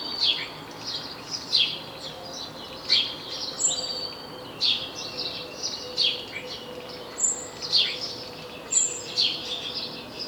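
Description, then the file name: House sparrow chirps, short bright notes repeated at intervals, with a few thin higher notes between them over a steady low hum. "Passer domesticus"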